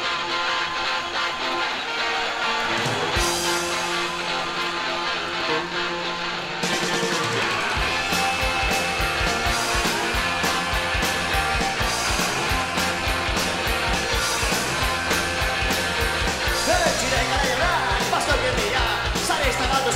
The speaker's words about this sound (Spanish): El público grita y se oyen los primeros acordes